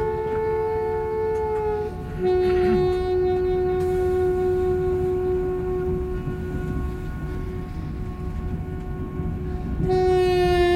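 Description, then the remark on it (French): A night train with sleeper couchettes rumbles steadily along the rails, a dense low clatter running throughout, while a long, sustained horn tone hums over it and swells louder near the end. No voices. “Les couchettes sont dures en ces trains de nuit.”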